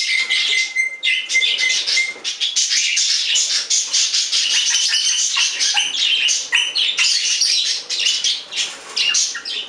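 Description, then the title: Budgerigar chatter, a dense continuous warbling of squeaks, clicks and buzzy notes without pause. "Budgie Sounds"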